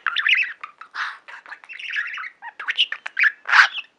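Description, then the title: Budgerigar chatter mixing raspy squawks and quick chirps, ending in a louder harsh squawk. "Budgie Sounds"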